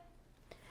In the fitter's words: once I hear that click of the press now my time is going to start counting down for me